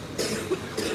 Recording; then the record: coughing mixed with background sound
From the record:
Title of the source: 60 coughing still (deep and wet cough)